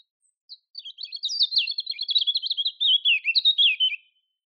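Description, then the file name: European robin song: a single high thin note, then a fast, rippling string of twittering notes, wavering and gently falling in pitch over about three seconds. "Erithacus rubecula"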